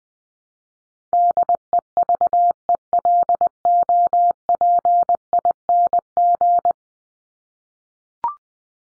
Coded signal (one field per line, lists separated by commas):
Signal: Morse code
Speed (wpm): 20 wpm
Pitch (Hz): 700 Hz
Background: none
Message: DEVELOPING